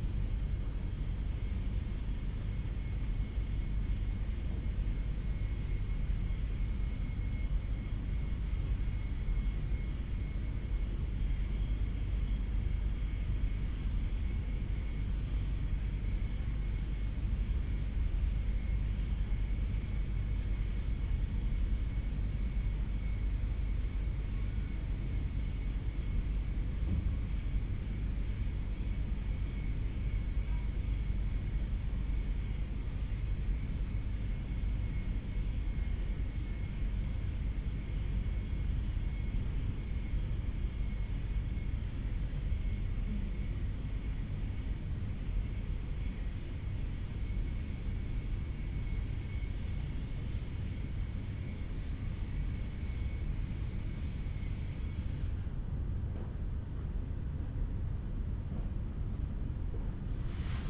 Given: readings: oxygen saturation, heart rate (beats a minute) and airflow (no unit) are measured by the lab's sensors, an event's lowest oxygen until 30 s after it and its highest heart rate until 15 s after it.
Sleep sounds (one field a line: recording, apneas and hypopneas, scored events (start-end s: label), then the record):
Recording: a person awake in a sleep study, by a smartphone at the bedside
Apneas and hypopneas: none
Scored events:
0.00-60.69 s: awake
From the record:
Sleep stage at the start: awake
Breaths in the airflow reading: 22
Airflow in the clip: -0.7 to 0.7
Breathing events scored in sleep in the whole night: 368 in 8.0 hours asleep